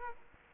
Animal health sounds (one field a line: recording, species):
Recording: mosquito wingbeat signal from an infrared sensor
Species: Culex quinquefasciatus